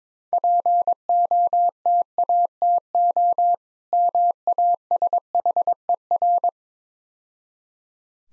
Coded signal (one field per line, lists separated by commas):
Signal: Morse code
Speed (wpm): 22 wpm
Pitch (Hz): 700 Hz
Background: none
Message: POTATO MASHER